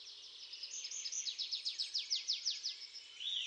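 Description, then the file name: Eurasian wryneck call: a quick series of high, sharply falling notes, with faint background hiss. "kretoglow"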